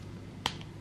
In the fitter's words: oui. Ah, ça s'emboîte.